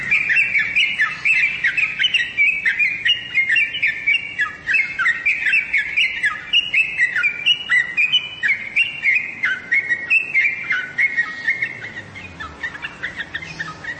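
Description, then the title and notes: Bird song of fast, high chirps in a steady, lively stream, each note sliding downward, continuing unbroken for the whole stretch before fading a little at the end. "Bird Sound. Kicau Burung Lengkap"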